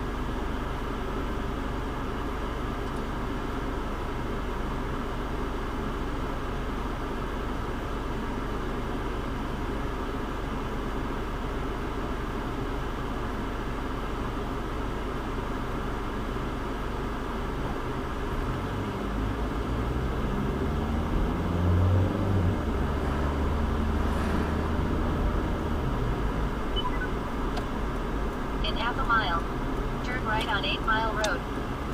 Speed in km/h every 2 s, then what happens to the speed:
0, 0, 0, 0, 0, 0, 0, 0, 0, 5, 18, 31, 40, 40, 34, 18.
0-17 standing. 17-24 pulls away to 40. 27-32 brakes to 18.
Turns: none.